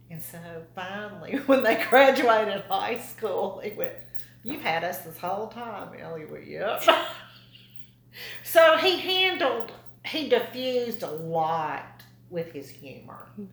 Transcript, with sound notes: And so finally, when they graduated high school, he went, “You’ve had us this whole time,” and Elliott went “Yep.” (laughter) So he handled — he defused a lot with his humor,